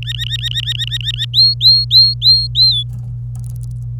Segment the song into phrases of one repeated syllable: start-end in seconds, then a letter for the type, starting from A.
0.02-1.25 A, 1.33-2.83 B